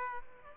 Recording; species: mosquito wingbeat signal from an infrared sensor; Aedes aegypti